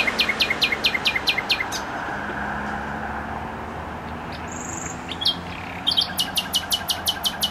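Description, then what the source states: Nightingale repeating a rhythmic, rattling note in a quick series, a pause with a lone high whistle, then another rapid train of metallic notes over steady traffic noise. Singing in bushes near a noisy motorway, Trasa Toruńska, Bródno-Podgrodzie, Warsaw, Poland; recorded with an Olympus LS-11.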